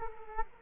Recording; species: mosquito wingbeat signal from an infrared sensor; Culex quinquefasciatus